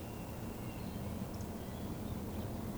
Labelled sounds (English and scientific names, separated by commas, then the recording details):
Eurasian Woodcock (Scolopax rusticola) whistle
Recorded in Baden-Württemberg, Germany, on 12 June 2020 at 19:37 UTC
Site 14569, 102 m above sea level